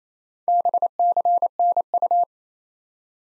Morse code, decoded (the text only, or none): BCNU